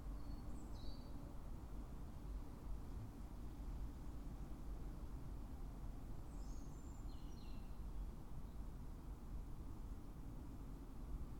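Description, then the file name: European robin singing high, thin phrases of quick descending and wavering notes, one brief phrase early and another later, against a heavy, steady low-frequency roar of engine noise. "Erithacus rubecula"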